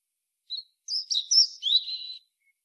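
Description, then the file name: European robin, a thin opening note followed by a jangling warble of varied high, twisting notes over quiet surroundings. "Erithacus rubecula"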